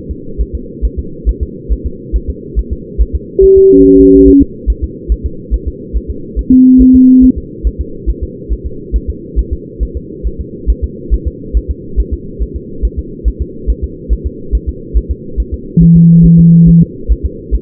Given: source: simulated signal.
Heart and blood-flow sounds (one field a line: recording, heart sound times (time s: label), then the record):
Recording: fetal heart sounds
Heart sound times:
0.11 s: S2
0.41 s: S1
0.55 s: S2
0.85 s: S1
0.99 s: S2
1.29 s: S1
1.43 s: S2
1.72 s: S1
1.86 s: S2
2.16 s: S1
2.30 s: S2
2.59 s: S1
2.73 s: S2
3.02 s: S1
3.15 s: S2
3.44 s: S1
3.58 s: S2
3.86 s: S1
4.00 s: S2
4.28 s: S1
4.42 s: S2
4.70 s: S1
4.84 s: S2
5.12 s: S1
5.26 s: S2
5.54 s: S1
5.68 s: S2
5.97 s: S1
6.11 s: S2
6.39 s: S1
6.53 s: S2
6.82 s: S1
6.96 s: S2
7.24 s: S1
7.38 s: S2
7.67 s: S1
7.81 s: S2
8.10 s: S1
8.24 s: S2
8.53 s: S1
8.66 s: S2
8.96 s: S1
9.10 s: S2
9.39 s: S1
9.53 s: S2
9.83 s: S1
9.97 s: S2
10.27 s: S1
10.41 s: S2
10.70 s: S1
10.84 s: S2
11.14 s: S1
11.28 s: S2
11.57 s: S1
11.71 s: S2
12.00 s: S1
12.14 s: S2
12.42 s: S1
12.56 s: S2
12.85 s: S1
12.99 s: S2
13.28 s: S1
13.42 s: S2
13.70 s: S1
13.84 s: S2
14.13 s: S1
14.27 s: S2
14.55 s: S1
14.69 s: S2
14.97 s: S1
15.11 s: S2
15.40 s: S1
15.54 s: S2
15.83 s: S1
15.97 s: S2
16.26 s: S1
16.40 s: S2
16.69 s: S1
16.83 s: S2
17.12 s: S1
17.26 s: S2
17.55 s: S1
From the record:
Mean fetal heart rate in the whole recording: 140 bpm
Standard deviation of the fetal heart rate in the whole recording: 2 bpm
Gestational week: 34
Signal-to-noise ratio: -4.3 dB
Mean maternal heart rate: 72 bpm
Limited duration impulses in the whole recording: present